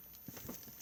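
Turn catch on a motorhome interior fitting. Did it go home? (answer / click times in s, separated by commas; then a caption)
no / none. A turn catch on an interior fitting of a 2021 Auto-Trail Imala 615 motorhome is handled so it can lock and not drop while the vehicle is moving. Soft, low thuds and light rustling come around 0.3 s and 0.5 s over a quiet background. Nothing has seated or clicked yet.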